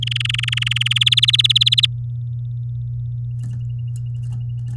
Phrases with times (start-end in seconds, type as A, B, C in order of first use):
0.02-0.93 A, 0.95-1.86 B